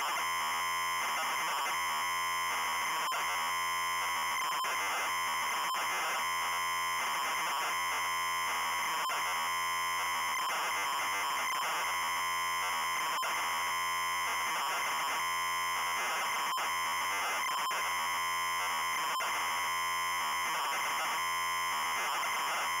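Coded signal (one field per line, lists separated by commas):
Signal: ZX Spectrum tape loading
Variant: ZX Spectrum 128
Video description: Loading mini-game, and short gameplay introduce.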